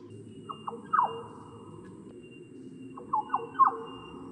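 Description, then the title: Black-naped oriole song: two short bursts of clear, fluty whistled notes, rising then sliding down, about two and a half seconds apart, over a steady low rumble. "kepodang"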